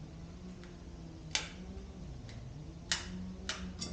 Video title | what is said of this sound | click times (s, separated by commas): Introduction to S.O.A. Installation of our prototype sprocket adapter with Vortex 58-tooth sprocket | click this one | 2.9 s